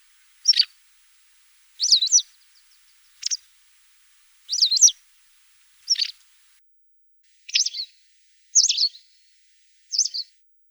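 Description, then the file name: White wagtail giving a series of sharp, slurred high chirps, with quiet between notes. "Motacilla alba"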